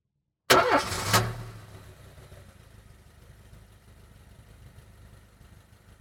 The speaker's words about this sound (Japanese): 何ですか？ 車？ はい、そうです。車ですね。